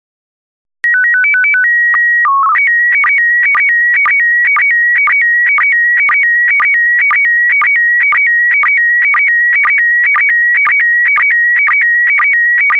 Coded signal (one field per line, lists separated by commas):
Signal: SSTV (slow-scan television)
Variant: PD 120